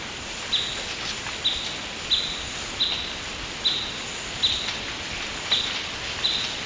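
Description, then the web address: Blackish pewee calling a crisp, high pip note repeated about once every second, fairly evenly spaced, with a continuous insect hum behind. Recorded in Ecuador. "S America Birds of Ecuador. Blackish Pewee"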